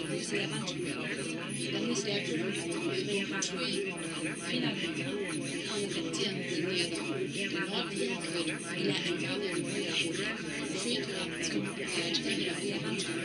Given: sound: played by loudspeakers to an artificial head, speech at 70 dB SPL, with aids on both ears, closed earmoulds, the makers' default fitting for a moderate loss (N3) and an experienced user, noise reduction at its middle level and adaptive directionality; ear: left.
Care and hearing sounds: speech test signal (ISTS) in cocktail-party noise; -6 dB; on the right (90 degrees)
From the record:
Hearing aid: class 2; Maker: B

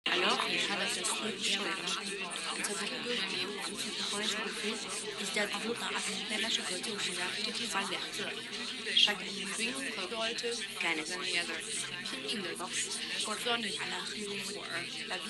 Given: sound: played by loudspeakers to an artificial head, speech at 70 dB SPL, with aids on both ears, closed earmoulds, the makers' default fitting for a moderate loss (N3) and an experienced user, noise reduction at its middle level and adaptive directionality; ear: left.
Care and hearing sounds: speech test signal (ISTS) in cocktail-party noise; -6 dB; in front (0 degrees)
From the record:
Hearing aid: class 1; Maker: E

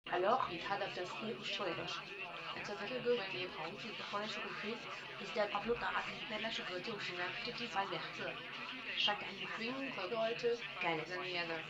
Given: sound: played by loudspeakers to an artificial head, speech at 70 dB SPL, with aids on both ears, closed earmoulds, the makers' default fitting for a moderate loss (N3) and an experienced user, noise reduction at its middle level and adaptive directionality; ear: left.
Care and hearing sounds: speech test signal (ISTS) in cocktail-party noise; +6 dB; on the right (90 degrees)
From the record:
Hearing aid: class 1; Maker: F

